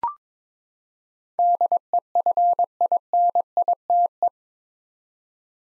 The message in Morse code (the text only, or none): DEFINITE